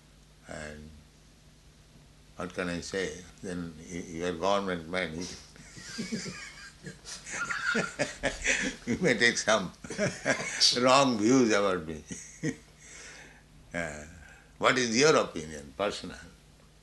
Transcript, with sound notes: and... What can I say? You are government man. [laughs] You may take some wrong views about me. What is your opinion, personal?